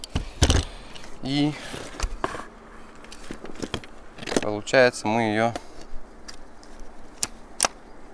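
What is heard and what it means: A Carver TR-1500S electric trimmer shaft section is being pushed into its coupling, which has a spring latch meant to catch in its hole, while someone talks. Sharp handling clicks and knocks are heard throughout, with the loudest near 7.2 s and 7.6 s. The clip ends before the part goes home, so nothing has seated or clicked yet.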